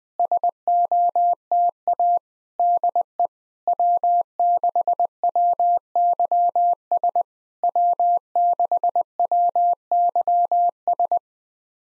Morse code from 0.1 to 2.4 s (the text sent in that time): SOTA